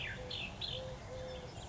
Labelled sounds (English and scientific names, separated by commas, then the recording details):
Eurasian Collared Dove (Streptopelia decaocto)
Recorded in Sonoma County, California